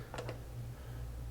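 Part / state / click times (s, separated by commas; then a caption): speedfeed lid into the loader hinge / not seated / none. A speedfeed lid is handled and slotted toward the hinge on a Sonic loader, with a few quick light ticks near 0.1–0.3 s over a steady low hum. Nothing has seated or clicked into place yet.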